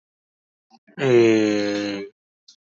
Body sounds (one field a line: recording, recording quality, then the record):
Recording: sustained vowel as in beet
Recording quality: excellent, no background noise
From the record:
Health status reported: healthy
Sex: male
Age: 35 years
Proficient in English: yes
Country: India